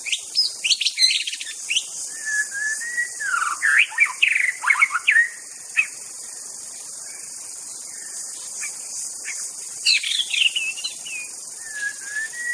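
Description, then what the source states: White-rumped shama singing varied whistled and scratchy phrases, some long level whistles, in two bursts separated by a pause, with steady insect hiss throughout. Wild bird from the forest.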